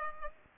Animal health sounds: mosquito wingbeat signal from an infrared sensor; Culex pipiens

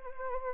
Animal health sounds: mosquito wingbeat signal from an infrared sensor; Anopheles arabiensis

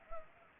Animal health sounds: mosquito wingbeat signal from an infrared sensor; Anopheles gambiae

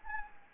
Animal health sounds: mosquito wingbeat signal from an infrared sensor; Anopheles gambiae

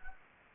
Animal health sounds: mosquito wingbeat signal from an infrared sensor; Anopheles gambiae

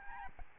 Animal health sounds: mosquito wingbeat signal from an infrared sensor; Aedes albopictus

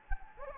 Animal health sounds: mosquito wingbeat signal from an infrared sensor; Anopheles gambiae

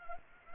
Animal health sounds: mosquito wingbeat signal from an infrared sensor; Culex pipiens

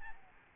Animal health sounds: mosquito wingbeat signal from an infrared sensor; Aedes albopictus

